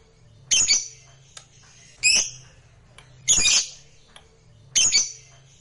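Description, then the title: Lovebird calls, four harsh loud squawks spaced a second or more apart. Recording played to stimulate a lazy lovebird into singing. "LOVEBIRD Malas Bunyi JADI GREGET SPONTAN Langsung NARIK"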